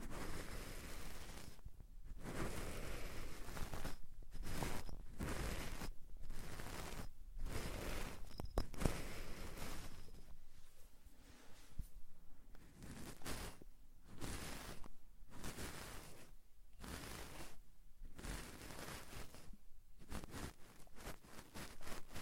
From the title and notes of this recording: ASMR Deep Ear Cleaning - Intense Ear Relaxation (No Talking).